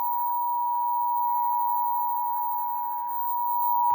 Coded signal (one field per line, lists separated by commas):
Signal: Emergency Alert System (SAME) tones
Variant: 853 and 960 Hz attention tone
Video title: Severe Weather EAS Alert-A-Thon (Cox) 8/27/2024